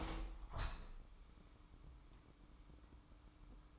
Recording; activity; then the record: daily activity, microphone in the room; open window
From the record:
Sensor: 1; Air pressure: 998.0 hPa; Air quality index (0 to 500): 121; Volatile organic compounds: 3 ppm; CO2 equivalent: 1436 ppm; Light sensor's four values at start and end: 17/57/23/23 and 17/57/23/23